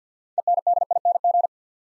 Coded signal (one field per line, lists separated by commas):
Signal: Morse code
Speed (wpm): 47 wpm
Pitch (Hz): 700 Hz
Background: none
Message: ENDING